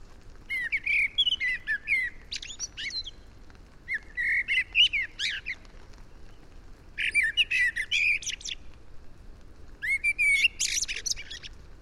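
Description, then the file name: Blackbird singing: four warbled phrases roughly three seconds apart, each opening with rich, fluty notes and ending in a high, scratchy twitter, quiet gaps between. "Turdus merula"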